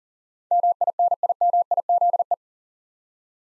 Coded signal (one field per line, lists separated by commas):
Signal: Morse code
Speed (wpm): 40 wpm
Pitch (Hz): 700 Hz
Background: none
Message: MINIMIZE